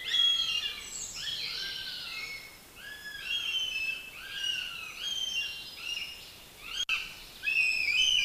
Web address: Madardalok Cd 1. Héja